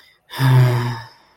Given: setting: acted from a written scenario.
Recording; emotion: vocal sound without words; sympathy